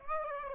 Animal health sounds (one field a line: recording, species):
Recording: mosquito wingbeat signal from an infrared sensor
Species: Aedes aegypti